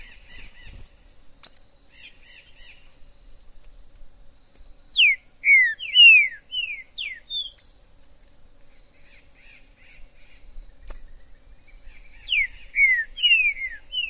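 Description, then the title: Green-winged saltator song: two phrases of strong downward-sliding whistles, about two notes a second, with sparse soft chips and clicks in the quiet gaps. In the forest: calling, singing and male territorial dispute; used to stimulate a kept trinca-ferro. "TRINCA Piando, Cantando E Macheando Na DISPUTA. TRINCA FERRO no MATO. Trinca ferro MAJOR no MATO"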